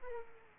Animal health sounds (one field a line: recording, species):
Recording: mosquito wingbeat signal from an infrared sensor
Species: Aedes aegypti